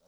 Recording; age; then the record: pig call; piglet (1 to 25 days)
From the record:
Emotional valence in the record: positive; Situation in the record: short reunion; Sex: male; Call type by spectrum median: low-frequency call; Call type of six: low-frequency stable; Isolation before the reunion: 3 minutes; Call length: 0.07 s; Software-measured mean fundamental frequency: 45 Hz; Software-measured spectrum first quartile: 514 Hz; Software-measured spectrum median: 1238 Hz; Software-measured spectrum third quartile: 7661 Hz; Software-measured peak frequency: 565 Hz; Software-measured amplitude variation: 18 dB a second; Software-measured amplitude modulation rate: 13.4 a second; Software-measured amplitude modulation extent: 1.3 dB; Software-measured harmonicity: 3.5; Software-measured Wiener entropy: -2.40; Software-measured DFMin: 1070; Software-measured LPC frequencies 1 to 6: 581, 1221, 3834, 4668, 5536, 7004 Hz